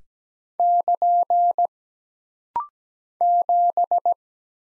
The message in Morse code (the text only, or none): <KN> 7